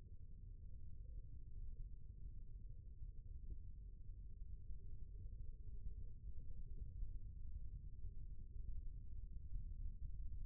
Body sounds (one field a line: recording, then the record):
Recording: forearm muscle sounds (acoustic myography)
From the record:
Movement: rest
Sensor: system 1, eight BSWA MPA416 microphones around the upper forearm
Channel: 5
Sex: male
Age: 20 years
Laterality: left